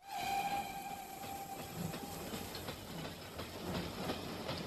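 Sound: train departing from station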